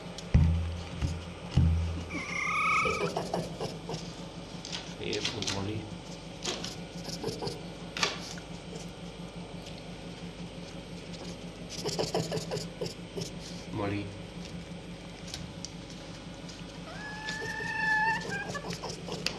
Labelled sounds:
Red Fox
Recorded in captivity
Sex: diverse
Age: diverse
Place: Zoologisches Institut der HUB, Berlin, DE
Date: 1956-05-21 10:45
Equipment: Elmetra
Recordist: Tembrock, Günter

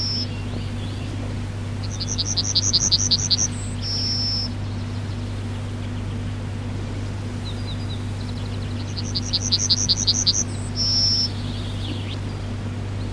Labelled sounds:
Yellowhammer song
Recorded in the wild
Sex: male
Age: adult
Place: Przytocko, Pomorskie, PL
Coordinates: 54.1211, 16.8428
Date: 1965-07-05 06:17
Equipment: Grundig TK 4, BG 20/6 - 19 cm/s
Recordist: Schubert, Michael

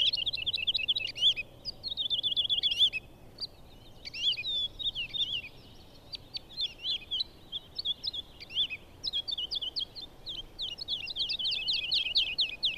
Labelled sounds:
Wood Lark
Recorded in the wild
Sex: male
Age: adult
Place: Schönow, Naturpark Barnim, Brandenburg, DE
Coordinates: 52.693, 13.508
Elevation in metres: 70
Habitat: heath
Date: 2014-05-04
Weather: cloudy, 5°C, weak wind
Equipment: Sound Devices 702, Sennheiser MKH 70, Rycote Windschutz
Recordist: Frommolt, Karl-Heinz

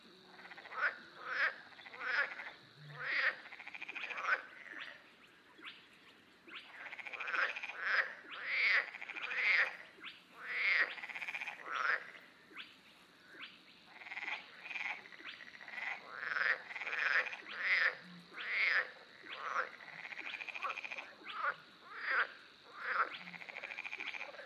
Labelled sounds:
Spotted Crake
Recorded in the wild
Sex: male
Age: adult
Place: Warsow, Kummerower See, Mecklenburg-Vorpommern, DE
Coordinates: 53.8344, 12.8481
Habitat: wetland
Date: 2009-06-15 22:26
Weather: heiter, schwacher Wind aus West, ca. 15 °C
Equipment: Sound Devices 702, Rode NT1-A Stereopaar
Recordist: Frommolt, Karl-Heinz

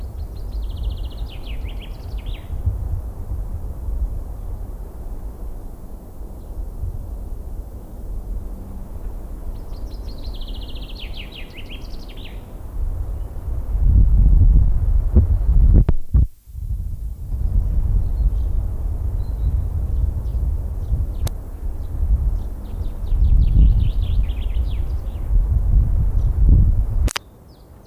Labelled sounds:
Common Chaffinch song
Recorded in the wild
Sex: male
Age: adult
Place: Bogensee, Barnim, Brandenburg, DE
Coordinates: 52.7714, 13.5294
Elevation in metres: 60
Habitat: lake
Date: 2003-04-21
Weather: sunny, 20°C
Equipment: Nagra SN, Kopie Uher 4000 Report Monitor
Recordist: Tembrock, Günter
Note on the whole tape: Gesang

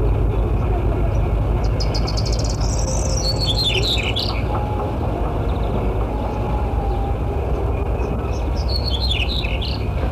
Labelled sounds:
Black-headed Bunting song
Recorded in the wild
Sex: male
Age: adult
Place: Kiten, Burgas, BG
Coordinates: 42.2333, 27.7667
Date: 1968-06-04
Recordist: Stiefel, Arnd

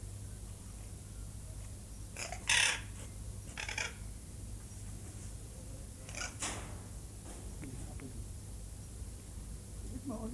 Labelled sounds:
Red-tailed Black Cockatoo call
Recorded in captivity
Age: adult
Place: Zoo Berlin, Berlin, DE
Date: 2008-08-18
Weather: bedeckt, ca. 22°C
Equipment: Sony WM-D6C, Sennheiser ME 80, Kopie Uher 4000 Report Monitor
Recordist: Tembrock, Günter

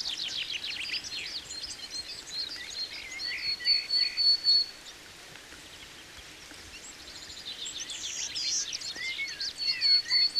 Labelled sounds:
Willow Tit song
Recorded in the wild
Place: Oberstdorf, Bayern, DE
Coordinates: 47.4906, 10.2803
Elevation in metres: 809
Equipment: Uher 4000 Report
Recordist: Tretzel, Erwin

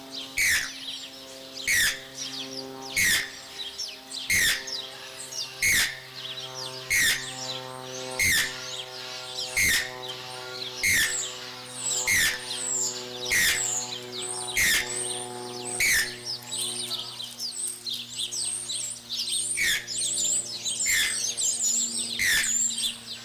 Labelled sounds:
Channel-billed Toucan call
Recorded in captivity
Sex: male
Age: adult
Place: Zoo Halle, Sachsen-Anhalt, DE
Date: 1999-03-30 12:18
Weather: heiter, ca. 15°C
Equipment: Sony MD-WM MZ-R3, Sennheiser MKH 416 T, Kopie Uher 4000 Report Monitor
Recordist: Tembrock, Günter

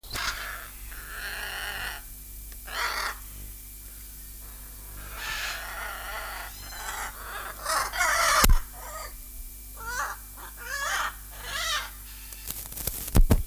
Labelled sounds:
Hyacinth Macaw
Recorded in captivity
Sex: pair
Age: adult
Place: Tierpark Berlin, Berlin, DE
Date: 2002-03-17 15:25
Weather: sunny, 14°C
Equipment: Sony WM-D6C, Sennheiser MKH 416, Kopie Uher 4000 Report Monitor
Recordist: Tembrock, Günter

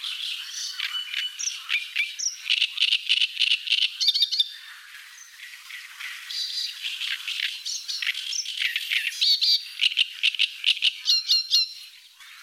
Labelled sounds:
Great Reed Warbler song
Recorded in the wild
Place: Nagyivan / Hortobagy, HU
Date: 1988-05-06
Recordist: Schwarz, Dieter
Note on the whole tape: Song

